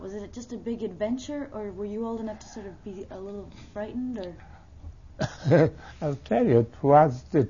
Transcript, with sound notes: Was it just a big adventure, or were you old enough to sort of be a little frightened, or...
( he laughs ) I'll tell you, it was, it